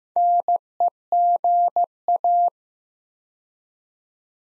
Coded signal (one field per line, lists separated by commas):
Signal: Morse code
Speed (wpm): 15 wpm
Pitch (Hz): 700 Hz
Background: none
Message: NEGA